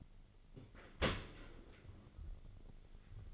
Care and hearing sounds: daily activity, microphone in the room; open dishwasher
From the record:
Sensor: 4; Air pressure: 1003.9 hPa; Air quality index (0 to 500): 152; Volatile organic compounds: 2 ppm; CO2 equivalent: 1082 ppm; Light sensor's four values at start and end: 26/63/26/29 and 27/66/27/30

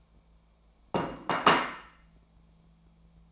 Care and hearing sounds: daily activity, microphone in the room; place plate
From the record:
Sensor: 1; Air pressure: 1000.3 hPa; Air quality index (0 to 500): 144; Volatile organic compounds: 3 ppm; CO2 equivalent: 1358 ppm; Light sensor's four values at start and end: 29/73/31/37 and 29/73/31/37

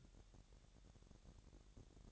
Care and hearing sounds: daily activity, microphone in the room; take from stove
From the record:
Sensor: 3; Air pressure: 1012.0 hPa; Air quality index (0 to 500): 217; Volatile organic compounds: 4 ppm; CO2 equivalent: 1618 ppm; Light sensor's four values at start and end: 94/223/92/83 and 94/223/92/83

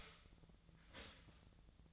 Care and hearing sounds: daily activity, microphone in the room; start toaster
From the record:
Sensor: 3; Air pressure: 1009.2 hPa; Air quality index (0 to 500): 197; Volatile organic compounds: 16 ppm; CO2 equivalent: 2554 ppm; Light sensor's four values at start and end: 32/79/34/36 and 32/79/34/36

